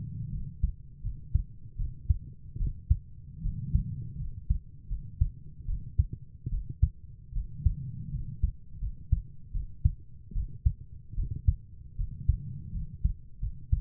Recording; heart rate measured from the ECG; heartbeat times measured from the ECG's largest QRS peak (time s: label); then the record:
heart sounds by stethoscope; 78 bpm
0.32 s: heartbeat
1.03 s: heartbeat
1.77 s: heartbeat
2.58 s: heartbeat
3.43 s: heartbeat
4.18 s: heartbeat
4.89 s: heartbeat
5.67 s: heartbeat
6.50 s: heartbeat
7.34 s: heartbeat
8.12 s: heartbeat
8.80 s: heartbeat
9.53 s: heartbeat
10.34 s: heartbeat
11.16 s: heartbeat
11.97 s: heartbeat
12.73 s: heartbeat
13.41 s: heartbeat
From the record:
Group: healthy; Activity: rest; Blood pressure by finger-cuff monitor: 100/53 mmHg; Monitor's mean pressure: 69 mmHg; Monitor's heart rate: 75 bpm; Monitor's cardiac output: 7.4 L/min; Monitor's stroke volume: 95 mL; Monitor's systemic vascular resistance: 670 dyn s/cm5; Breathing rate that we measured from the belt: 14 breaths a minute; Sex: female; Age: 22 years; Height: 160 cm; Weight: 63 kg